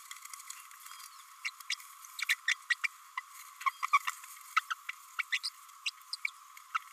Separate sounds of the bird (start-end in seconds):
1.45-1.50, 1.69-1.75, 2.19-2.25, 2.29-2.35, 2.47-2.55, 2.70-2.75, 2.84-2.87, 3.17-3.21, 3.83-3.86, 3.93-3.99, 4.70-4.74, 4.89-4.91, 5.19-5.22, 5.32-5.39, 5.43-5.49, 5.85-5.90, 6.13-6.16, 6.25-6.27, 6.75-6.79